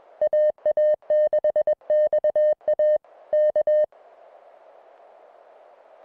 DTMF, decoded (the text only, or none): none